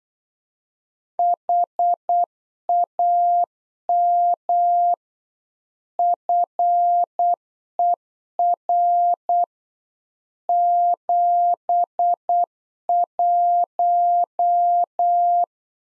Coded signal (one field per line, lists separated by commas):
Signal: Morse code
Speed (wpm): 8 wpm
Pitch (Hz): 700 Hz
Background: none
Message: HAM FER 71